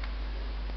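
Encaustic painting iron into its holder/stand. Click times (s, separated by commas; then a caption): 0.0 s. An encaustic painting iron is fitted by the notch at its top into its holder/stand, after the lever on the holder is pressed and the support pulled out. A short, sharp click is heard at 0.0 s over a steady low background. The iron is seated in the stand and can be turned over.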